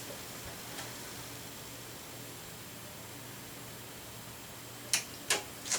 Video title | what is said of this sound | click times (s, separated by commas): Tinkering With The Four Free Computers. Lenovo x2 And Dell. | I think all my tabs are now locked into place. | 4.9 s, 5.3 s